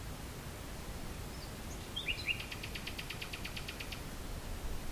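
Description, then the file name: Common nightingale singing, fairly faint: a few brief slurred notes, then a quick run of repeated clicking notes, with steady low rumble throughout. "usignolo"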